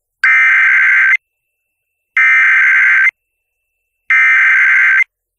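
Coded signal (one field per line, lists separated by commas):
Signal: Emergency Alert System (SAME) tones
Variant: header bursts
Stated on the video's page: Tornado Warning with valid EAS tones captured from FM broadcast stations.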